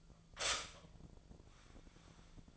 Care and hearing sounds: daily activity, microphone in the room; stop toaster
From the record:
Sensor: 5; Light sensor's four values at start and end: 90/239/97/103 and 89/237/96/101

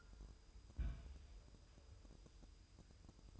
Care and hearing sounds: daily activity, microphone in the room; place on stove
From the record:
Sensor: 2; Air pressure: 988.2 hPa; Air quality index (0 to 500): 191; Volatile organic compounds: 185 ppm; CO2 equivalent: 4162 ppm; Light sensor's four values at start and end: 21/70/28/26 and 21/71/28/26

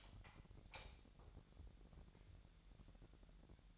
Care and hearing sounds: daily activity, microphone in the room; light on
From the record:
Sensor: 3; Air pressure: 1012.0 hPa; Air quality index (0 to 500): 223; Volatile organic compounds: 4 ppm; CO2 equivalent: 1660 ppm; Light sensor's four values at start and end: 13/31/13/13 and 15/36/15/15

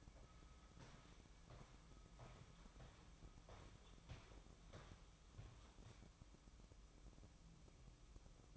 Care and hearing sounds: daily activity, microphone in the room; walk to room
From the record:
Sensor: 1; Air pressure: 1008.2 hPa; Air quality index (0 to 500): 139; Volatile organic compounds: 2 ppm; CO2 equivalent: 1173 ppm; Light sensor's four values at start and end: 10/24/9/10 and 9/22/9/10

